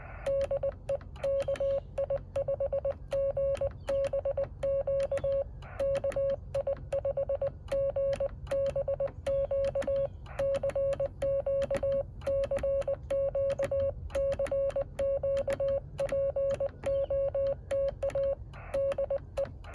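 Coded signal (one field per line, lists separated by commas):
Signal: Morse code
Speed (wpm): 20 wpm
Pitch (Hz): 550 Hz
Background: none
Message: DE KI5GBQ KI5GBQ CQ CQ CQ POTA DE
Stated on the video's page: Morse code POTA park activation attempt with a Yaesu 817.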